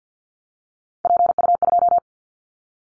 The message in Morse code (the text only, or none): PU2